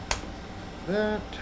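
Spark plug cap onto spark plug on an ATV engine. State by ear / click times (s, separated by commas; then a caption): seated / 0.1 s. A replacement rubber spark plug cap is pushed onto the terminal of a new spark plug on the engine of a 2004 Polaris Sportsman 700 ATV that was in a house fire. A sharp snap-like click at 0.1 s marks the cap seating on the plug. Someone briefly talks near the end.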